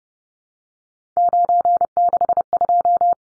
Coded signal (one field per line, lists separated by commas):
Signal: Morse code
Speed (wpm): 30 wpm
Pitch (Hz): 700 Hz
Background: none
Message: 962